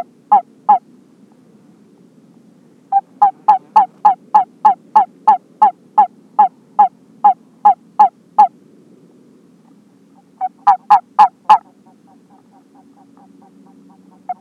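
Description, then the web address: California toad calls in three bouts of brief mid-pitched chirps, roughly three per second, separated by pauses, over a low steady hum. Subspecies halophilus. "a b halophilus"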